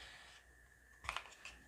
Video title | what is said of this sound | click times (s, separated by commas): Victorinox Venture Sheath Fix. Take that rattle out. | push it in until it clicks | 1.1 s, 1.2 s